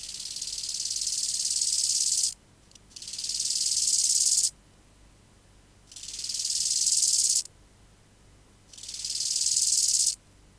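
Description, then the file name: Bow-winged grasshopper song: four rasping, pulsed phrases, each about one and a half to two seconds long and growing louder, separated by short pauses. "Chorthippus biguttulus"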